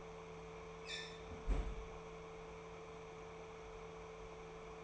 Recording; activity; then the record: daily activity, microphone in the room; close fridge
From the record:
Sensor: 1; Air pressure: 1015.0 hPa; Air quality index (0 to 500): 192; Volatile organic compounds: 21 ppm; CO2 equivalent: 2727 ppm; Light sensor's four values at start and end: 9/22/9/10 and 9/22/9/10